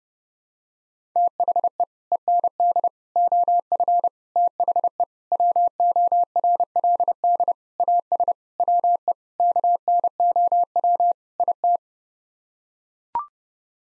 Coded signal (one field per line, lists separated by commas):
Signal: Morse code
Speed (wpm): 32 wpm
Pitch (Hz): 700 Hz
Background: none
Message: THE END OF THE WORLD AS WE KNOW IT